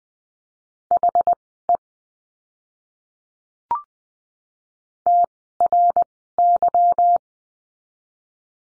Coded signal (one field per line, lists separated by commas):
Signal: Morse code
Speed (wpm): 20 wpm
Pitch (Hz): 700 Hz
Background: none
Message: HE TRY